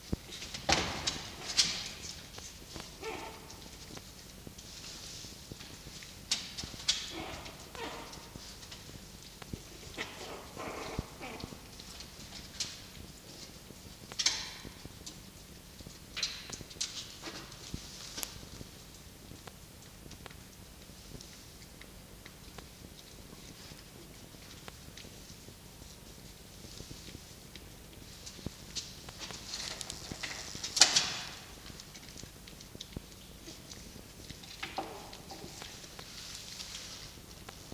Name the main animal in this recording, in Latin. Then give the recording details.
Vulpes vulpes. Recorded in captivity. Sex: female. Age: juvenile. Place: Zoologisches Institut der HUB, Berlin, DE. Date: 1953-04-25 19:50. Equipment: Elmetra. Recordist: Tembrock, Günter